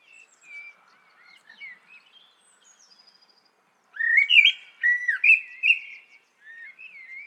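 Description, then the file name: Common blackbird singing: soft thin notes first, then a louder sequence of clear flute-like warbled whistles and a quieter trailing phrase. "Turdus merula"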